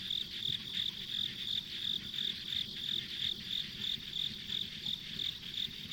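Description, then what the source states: Insect chirping: sharp high pulses in a continuous, steady rhythm, with a low background hum. Insects as ambient sound on a country road in the countryside.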